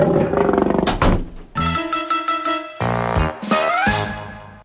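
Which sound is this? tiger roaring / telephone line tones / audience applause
tiger roaring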